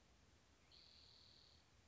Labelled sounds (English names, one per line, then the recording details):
Spotted Towhee
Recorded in Sonoma County, California